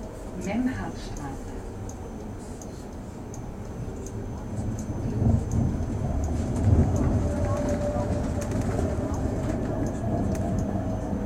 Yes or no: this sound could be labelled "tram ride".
yes